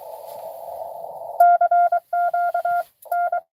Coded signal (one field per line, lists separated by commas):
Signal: Morse code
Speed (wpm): 23 wpm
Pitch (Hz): 700 Hz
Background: none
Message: CQ N